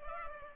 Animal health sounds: mosquito wingbeat signal from an infrared sensor; Culex pipiens

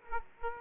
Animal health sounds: mosquito wingbeat signal from an infrared sensor; Aedes aegypti

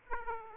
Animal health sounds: mosquito wingbeat signal from an infrared sensor; Aedes aegypti

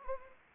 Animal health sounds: mosquito wingbeat signal from an infrared sensor; Anopheles arabiensis

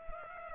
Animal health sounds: mosquito wingbeat signal from an infrared sensor; Culex pipiens

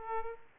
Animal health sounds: mosquito wingbeat signal from an infrared sensor; Aedes aegypti

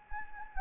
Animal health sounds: mosquito wingbeat signal from an infrared sensor; Anopheles gambiae

